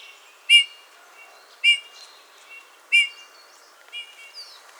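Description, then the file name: Eurasian bullfinch calls: three clear, soft whistled notes with rich harmonics about a second apart, then fainter notes. "Pyrrhula pyrrhula"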